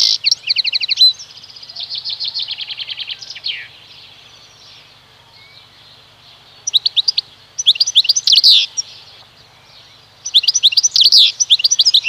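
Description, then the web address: European goldfinch song: a rattling, buzzy trill sequence followed by a quiet gap, then two brisk bursts of tinkling, twittering notes. "Kurs PTTK Przyroda Ptaki Szczygieł"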